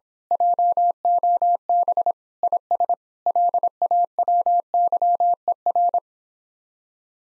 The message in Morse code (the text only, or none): JOB IS LAWYER